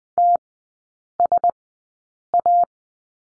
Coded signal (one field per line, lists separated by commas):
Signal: Morse code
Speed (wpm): 20 wpm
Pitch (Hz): 700 Hz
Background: none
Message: TSA